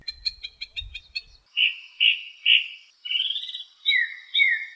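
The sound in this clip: Mockingbird song: a quick run of sharp stacked chirps, then three repeated buzzy notes, followed by slurred rising and falling whistled phrases, with a low thump early on.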